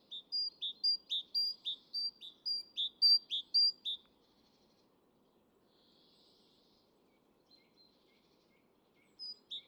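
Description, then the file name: Great tit singing high-low paired whistles in a fast run for about four seconds, then near silence before the phrase resumes at the end. "Parus major"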